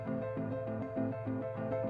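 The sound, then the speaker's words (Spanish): A telephone rings with a melodic tone, a short pattern of alternating notes repeating in a steady, quick rhythm at an even loudness. No voices. “Suena el teléfono.”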